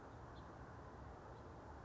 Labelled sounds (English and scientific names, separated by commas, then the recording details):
House Finch (Haemorhous mexicanus)
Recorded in Sonoma County, California